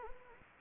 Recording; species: mosquito wingbeat signal from an infrared sensor; Anopheles gambiae